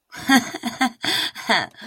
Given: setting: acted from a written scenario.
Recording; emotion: vocal sound without words; realization